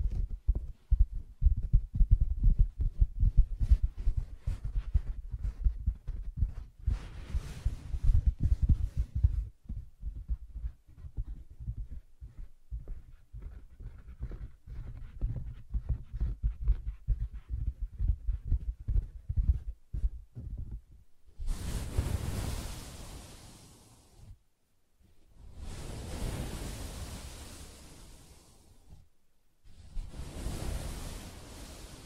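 Fingers tap and scratch on a soft fabric surface in quick, uneven flurries of dull, low thuds with light scratchy edges for the first twenty seconds. After that come three longer bursts of brighter, hissing rubbing, each lasting a few seconds, separated by brief silences.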